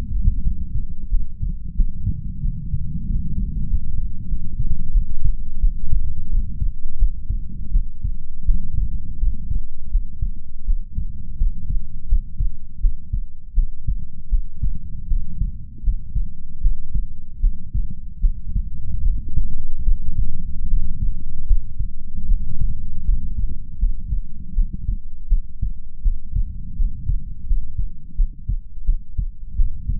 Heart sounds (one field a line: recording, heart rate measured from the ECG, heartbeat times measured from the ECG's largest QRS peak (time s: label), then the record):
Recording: heart sounds by stethoscope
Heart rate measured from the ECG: 82 bpm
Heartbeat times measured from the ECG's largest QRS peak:
0.41 s: heartbeat
1.08 s: heartbeat
1.75 s: heartbeat
2.40 s: heartbeat
3.05 s: heartbeat
3.66 s: heartbeat
4.27 s: heartbeat
4.91 s: heartbeat
5.59 s: heartbeat
6.28 s: heartbeat
6.97 s: heartbeat
7.71 s: heartbeat
8.44 s: heartbeat
9.18 s: heartbeat
9.89 s: heartbeat
10.64 s: heartbeat
11.36 s: heartbeat
12.07 s: heartbeat
12.79 s: heartbeat
13.53 s: heartbeat
14.28 s: heartbeat
15.06 s: heartbeat
15.82 s: heartbeat
16.59 s: heartbeat
17.39 s: heartbeat
18.20 s: heartbeat
19.01 s: heartbeat
19.83 s: heartbeat
20.67 s: heartbeat
21.45 s: heartbeat
22.26 s: heartbeat
23.04 s: heartbeat
23.78 s: heartbeat
24.53 s: heartbeat
25.27 s: heartbeat
26.01 s: heartbeat
26.75 s: heartbeat
27.45 s: heartbeat
28.14 s: heartbeat
28.84 s: heartbeat
29.55 s: heartbeat
From the record:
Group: healthy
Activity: cold pressor test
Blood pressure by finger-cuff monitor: 102/62 mmHg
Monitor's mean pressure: 76 mmHg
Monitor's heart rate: 82 bpm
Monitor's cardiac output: 7 L/min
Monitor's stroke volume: 86 mL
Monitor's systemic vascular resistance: 760 dyn s/cm5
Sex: female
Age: 26 years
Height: 165 cm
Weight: 55 kg